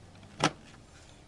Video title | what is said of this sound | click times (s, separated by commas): Chế biến nước ép hoa quả bằng máy Tamura 1 | locks down and then you turn it to | 0.4 s